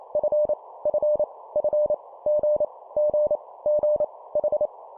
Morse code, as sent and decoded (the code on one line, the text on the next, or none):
..-. / ..-. / ..-. / --. / --. / --. / ....
F F F G G G H